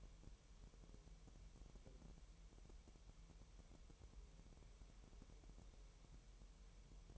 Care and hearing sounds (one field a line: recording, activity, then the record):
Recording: daily activity, microphone in the room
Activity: wipe stove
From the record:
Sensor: 1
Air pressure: 1000.9 hPa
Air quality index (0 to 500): 248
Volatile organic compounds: 148 ppm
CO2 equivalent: 4015 ppm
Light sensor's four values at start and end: 12/28/11/12 and 12/28/11/12